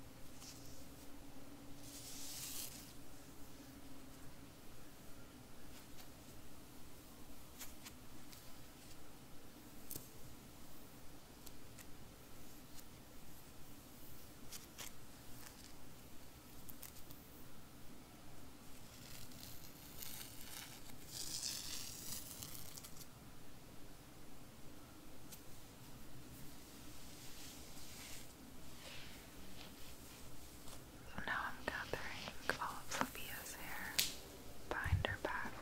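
Soft hair brushing and scratching over a low, steady hum. Brief bright hissing strokes come around two seconds and again near twenty-two seconds. Denser, crisper scratching and rustling builds in the last five seconds.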